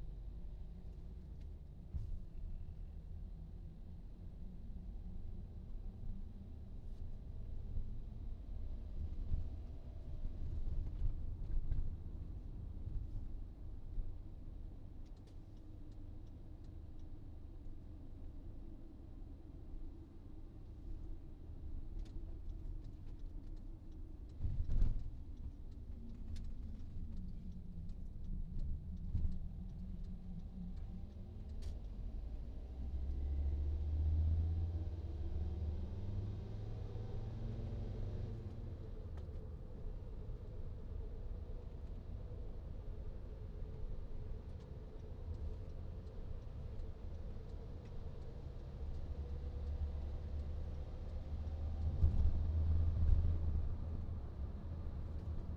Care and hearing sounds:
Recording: everyday scene through a hearing-aid microphone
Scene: in a vehicle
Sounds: engine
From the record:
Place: VW T5 Caravelle, diesel engine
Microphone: in the ear canal, right

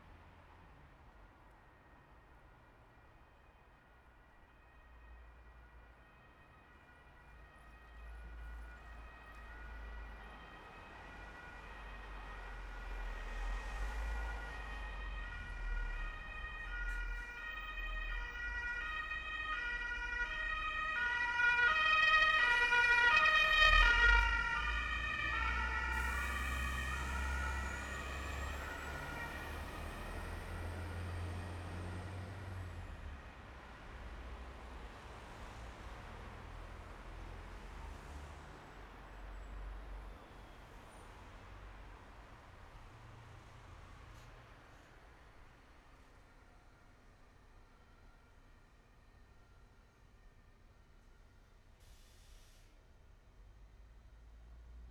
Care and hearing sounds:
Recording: everyday scene through a hearing-aid microphone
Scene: in traffic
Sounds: traffic, siren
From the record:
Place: bus stop on a city main road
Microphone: behind the ear, right, rear

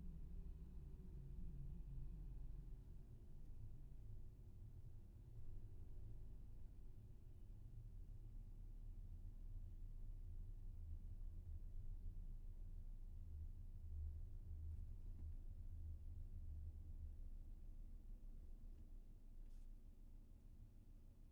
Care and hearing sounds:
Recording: everyday scene through a hearing-aid microphone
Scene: in a vehicle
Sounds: engine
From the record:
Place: VW T5 Caravelle, diesel engine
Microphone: behind the ear, left, rear

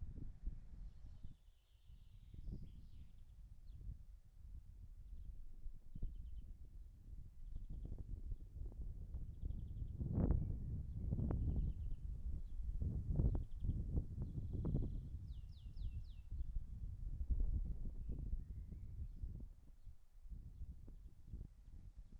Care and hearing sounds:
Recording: everyday scene through a hearing-aid microphone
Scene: wind on the microphone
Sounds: wind, birds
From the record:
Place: in front of a rural house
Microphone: behind the ear, right, rear

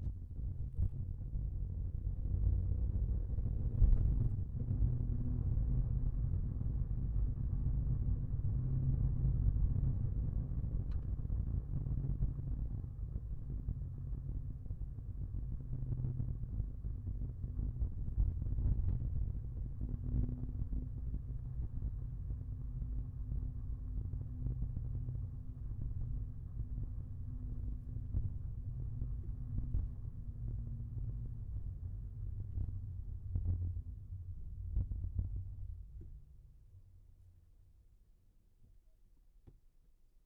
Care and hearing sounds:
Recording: everyday scene through a hearing-aid microphone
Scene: in a vehicle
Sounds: engine, rumble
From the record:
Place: Skoda Fabia, gasoline engine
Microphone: behind the ear, left, rear

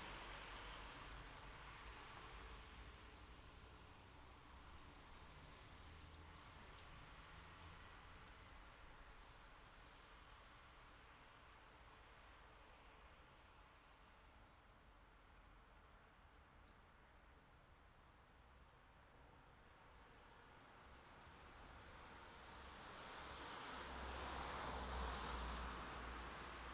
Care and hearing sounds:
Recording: everyday scene through a hearing-aid microphone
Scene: in traffic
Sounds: traffic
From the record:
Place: city secondary road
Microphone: in the ear canal, left

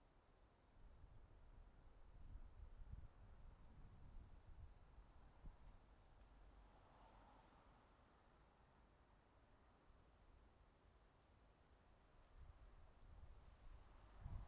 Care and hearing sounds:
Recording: everyday scene through a hearing-aid microphone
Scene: wind on the microphone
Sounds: wind, traffic, birds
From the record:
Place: suburban garden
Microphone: in the ear canal, right

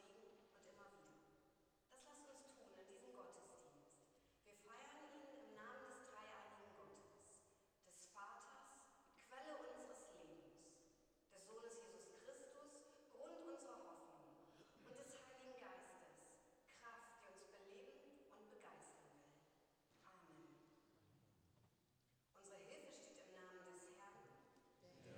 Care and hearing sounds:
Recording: everyday scene through a hearing-aid microphone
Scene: reverberant space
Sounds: speech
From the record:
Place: church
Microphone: in the ear canal, left

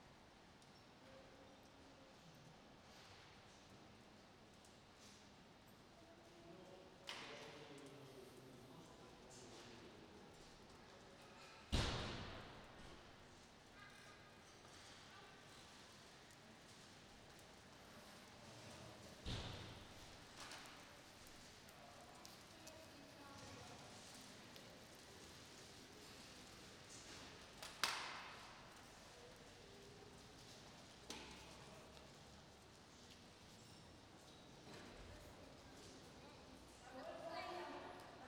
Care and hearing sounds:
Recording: everyday scene through a hearing-aid microphone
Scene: reverberant space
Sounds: background noise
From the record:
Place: railway station hall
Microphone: in the ear canal, right

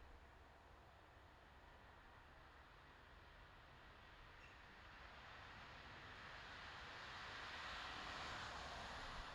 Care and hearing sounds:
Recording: everyday scene through a hearing-aid microphone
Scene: in traffic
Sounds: traffic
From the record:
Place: bus stop on a city main road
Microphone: in the ear canal, left

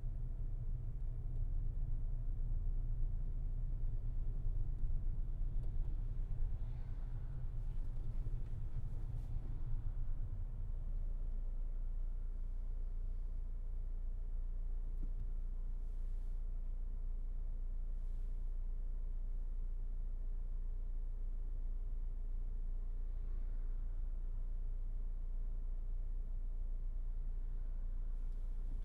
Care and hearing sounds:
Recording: everyday scene through a hearing-aid microphone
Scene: in a vehicle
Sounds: engine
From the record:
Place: Berlingo II, diesel engine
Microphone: behind the ear, right, rear

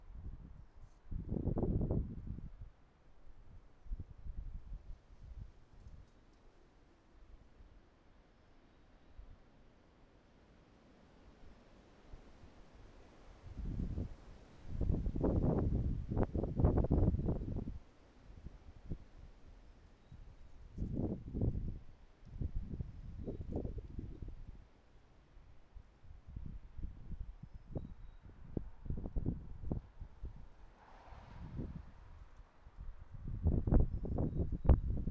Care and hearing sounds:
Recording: everyday scene through a hearing-aid microphone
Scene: wind on the microphone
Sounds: wind, traffic, birds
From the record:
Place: suburban garden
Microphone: behind the ear, right, rear

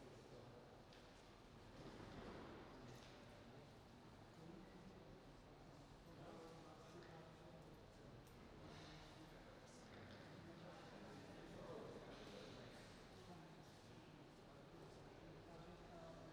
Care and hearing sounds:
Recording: everyday scene through a hearing-aid microphone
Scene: reverberant space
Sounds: background noise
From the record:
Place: railway station hall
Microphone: in the ear canal, right

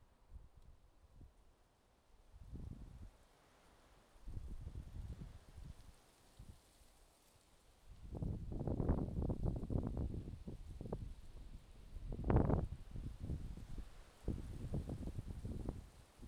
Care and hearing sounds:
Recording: everyday scene through a hearing-aid microphone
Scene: wind on the microphone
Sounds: wind, traffic, birds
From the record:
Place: suburban garden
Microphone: in the ear canal, left

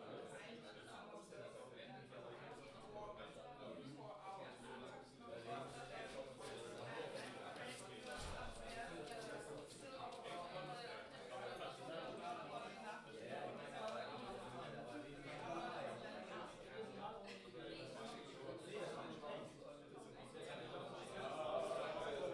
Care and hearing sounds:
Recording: everyday scene through a hearing-aid microphone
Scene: many people talking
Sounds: many voices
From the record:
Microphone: in the ear canal, left

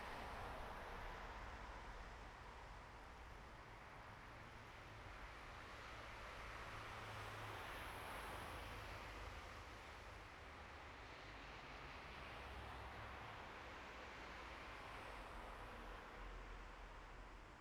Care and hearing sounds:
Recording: everyday scene through a hearing-aid microphone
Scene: in traffic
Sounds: traffic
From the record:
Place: bus stop on a city main road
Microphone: behind the ear, right, front

